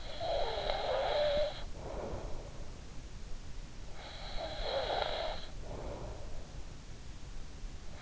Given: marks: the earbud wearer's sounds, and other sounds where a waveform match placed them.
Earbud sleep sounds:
sounds in sleep by an in-ear microphone; snoring breath
0.00-2.48 s: snoring breath
3.91-6.40 s: snoring breath

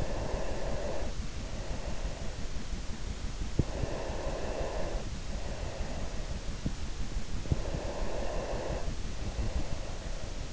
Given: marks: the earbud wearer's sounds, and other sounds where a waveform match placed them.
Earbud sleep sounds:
sounds in sleep by an in-ear microphone; breath
0.00-2.31 s: breath
3.58-6.67 s: breath
7.45-10.53 s: breath

